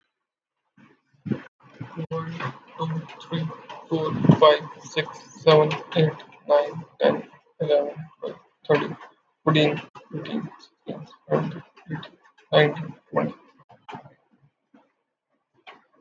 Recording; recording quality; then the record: counting at a normal pace; moderate, slight background noise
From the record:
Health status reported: COVID-19 positive, mild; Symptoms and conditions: cough, cold, breathing difficulty, fever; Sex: male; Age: 23 years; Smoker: not ticked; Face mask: not worn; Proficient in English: yes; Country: India